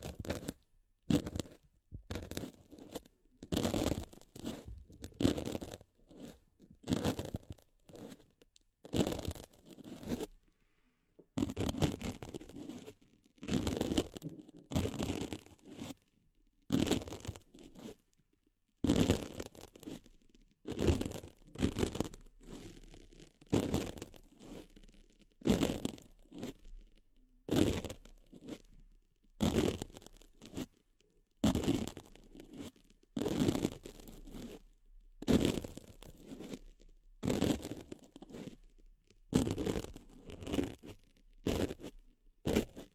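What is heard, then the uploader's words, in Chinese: Ear-cleaning sounds with no talking: soft scratching, crinkling and rubbing strokes come in short bursts, roughly one or two every second, for the whole 43 seconds. Each stroke has a dry, rustling texture. Brief silent gaps separate the bursts. 无人声采耳助眠。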